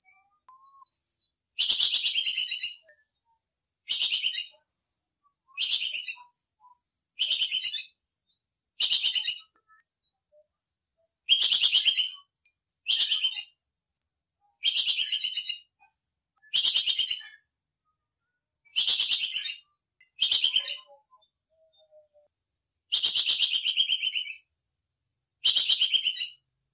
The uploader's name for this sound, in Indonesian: MASTERAN BAJING KEKES GACOR